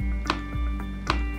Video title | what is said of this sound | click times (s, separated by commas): FireBot Drywall Install | you should hear a small click your nozzle bar is now ready to be installed | 0.3 s, 1.1 s